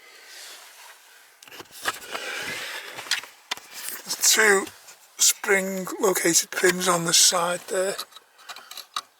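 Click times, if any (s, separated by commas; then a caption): 9.0 s. A part of a BMW Z3 wiper system, held by two spring-loaded locating pins on its sides, is slid into its mounting while someone talks. Short knocks and handling sounds come through between the speech. The part clicks and locks into place at 9.0 s.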